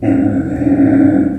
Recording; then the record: squeal of a Yucatan mini pig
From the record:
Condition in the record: after surgery on the right vocal fold (resection and tissue-engineered implant); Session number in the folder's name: 3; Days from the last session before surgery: 21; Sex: female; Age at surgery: 19 weeks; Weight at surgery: 25 kg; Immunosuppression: prednisolone